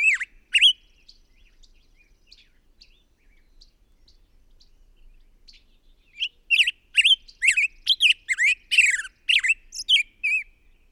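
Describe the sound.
Bird giving harsh, squawky chirps: two loud notes at the start, a long quiet stretch, then a quick burst of many grating, rising-and-falling calls.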